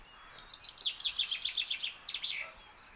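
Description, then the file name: Common chaffinch song: a quick run of high, descending notes lasting about two seconds that ends in a short flourish, over faint background hiss. "Fringilla coelebs"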